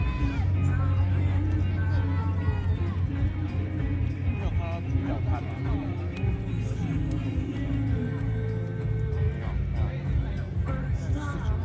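Live sound from the Drifter music festival: a dense, steady murmur of many voices talking over one another, with a constant low hum underneath. Snatches of nearby speech rise briefly out of the crowd, and the overall level holds even throughout.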